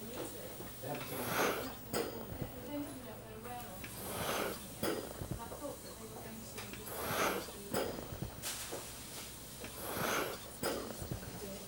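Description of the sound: A hospital ventilator cycling regularly at about 20 breaths a minute. Each delivered breath is a broadband whoosh that swells and fades, with sharp mechanical clicks between cycles.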